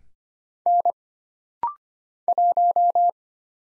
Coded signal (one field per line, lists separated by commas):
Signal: Morse code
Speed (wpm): 25 wpm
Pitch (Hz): 700 Hz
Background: none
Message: N 1